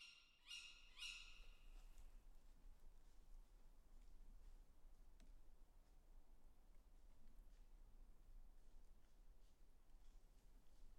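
Owls call overhead: two harsh, bright screeches come close together in the first second or so, loud. After that the calls stop, leaving a low steady rumble of night air with faint scattered ticks and rustles.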